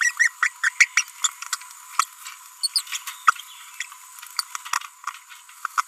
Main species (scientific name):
Forpus passerinus